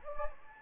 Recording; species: mosquito wingbeat signal from an infrared sensor; Anopheles gambiae